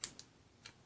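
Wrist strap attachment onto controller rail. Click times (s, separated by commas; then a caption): 0.0 s. A plastic wrist strap attachment is slid down from the top of a Nintendo Switch controller rail and clicks in place at 0.0 s with a sharp, bright snap. Two softer clicks follow at about 0.2 s and 0.7 s, and the strap is seated on the controller.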